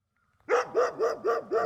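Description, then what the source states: Dog giving a rapid run of five sharp, evenly spaced barks, roughly four per second, after a brief quiet start. Dog on a farmyard.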